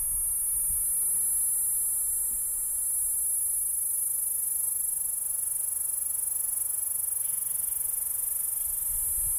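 P. catenata producing an unbroken high shrill buzz, with faint low rumbles and scattered soft knocks.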